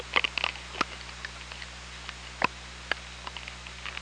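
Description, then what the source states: Orca clicks in a quick burst at the start, then sparser single sharp pulses, over a steady low hum. Recorded at OrcaLab on 24 August 2017 at 04:50:46.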